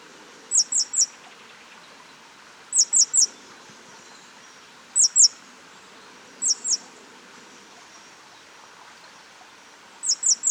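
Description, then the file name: Great tit calling with bright, high, clipped notes, usually in threes, groups spaced irregularly over a quiet hissing background. "Parus major"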